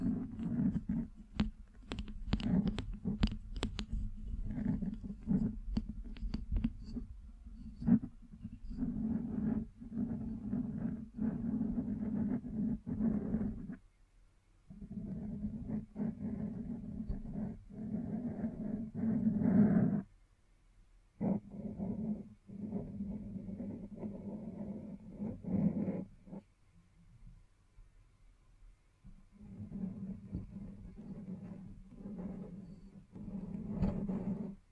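Scratching and tapping in dense, low, rough bursts with sharp clicks early on, broken by short silences near 14, 20 and 27 seconds.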